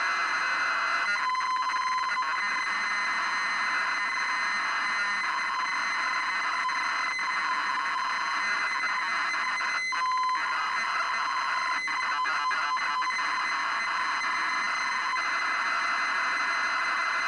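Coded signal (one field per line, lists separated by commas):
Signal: ZX Spectrum tape loading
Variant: 48k ZX Spectrum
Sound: tape hiss with short steady tones, then harsh buzzing data bursts with harmonics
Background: tape hiss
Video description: Featuring real time loading from cassette tape on a 48k ZX Spectrum. Previously untested 24 year old tape.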